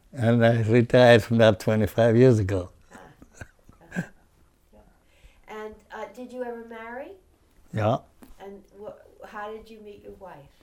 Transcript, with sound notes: And I retired from that twenty-five years ago. (he laughs)
And did you ever marry?
Yeah.
And what, how did you meet your wife?